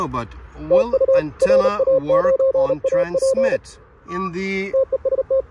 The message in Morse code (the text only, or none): TU RA9AP TEST